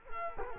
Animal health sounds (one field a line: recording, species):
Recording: mosquito wingbeat signal from an infrared sensor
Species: Culex quinquefasciatus